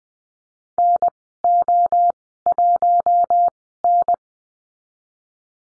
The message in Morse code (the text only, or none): NO1N